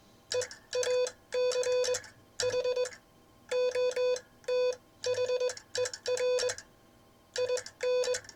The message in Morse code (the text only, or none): EACH OTHER IN